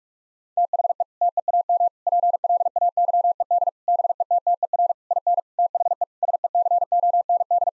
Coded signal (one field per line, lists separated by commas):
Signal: Morse code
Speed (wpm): 41 wpm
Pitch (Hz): 700 Hz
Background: none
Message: THE TEAM PLAYED BETTER IN THE SECOND